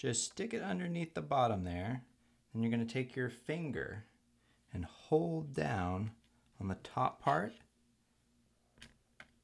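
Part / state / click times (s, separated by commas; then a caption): plastic keycap off laptop keyboard scissor bracket / released / 9.2 s. Someone talks while a pry tool is wedged under the bottom of the plastic right arrow keycap on a 13" MacBook Pro Unibody Core 2 Duo 2.26 GHz keyboard, with a finger holding down the top part. After the talking stops, a faint tick comes at 8.8 s, then a sharp snap at 9.2 s as the levered keycap comes off its scissor bracket and is released.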